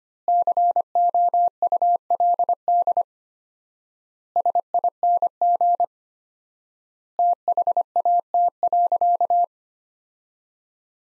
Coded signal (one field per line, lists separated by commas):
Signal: Morse code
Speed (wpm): 25 wpm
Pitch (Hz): 700 Hz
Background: none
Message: COULD SING THAT.